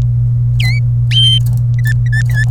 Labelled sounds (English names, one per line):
Domestic Canary song